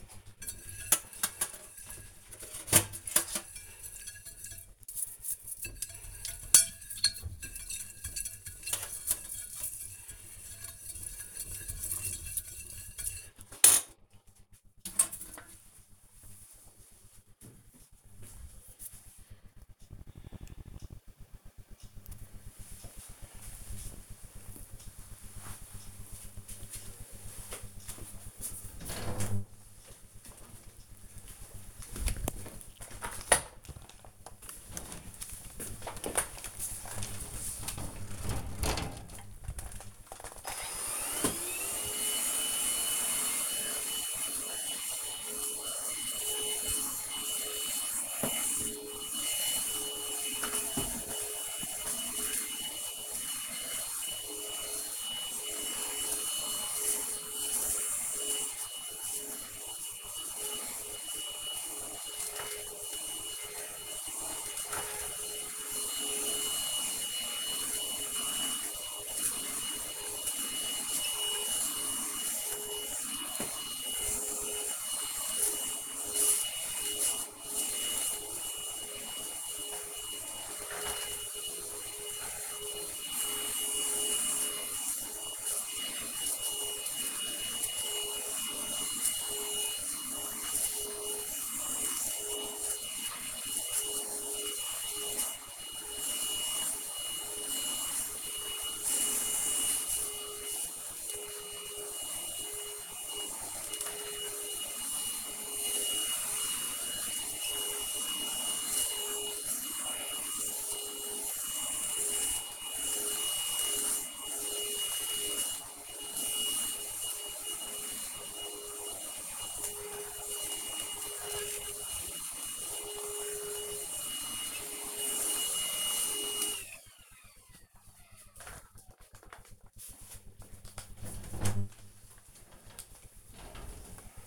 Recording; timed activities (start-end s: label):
household activities, microphone on the right wrist
0.00-12.77 s: washing dishes
39.90-126.44 s: vacuum cleaning